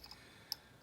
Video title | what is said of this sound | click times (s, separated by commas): Inspecting the RIA 10mm 1911 | okay so we got the audible click | 0.5 s